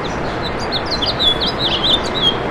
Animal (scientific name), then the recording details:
Haemorhous mexicanus. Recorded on Long Island, New York, on 1 June 2012. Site JH. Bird D